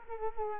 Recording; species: mosquito wingbeat signal from an infrared sensor; Culex quinquefasciatus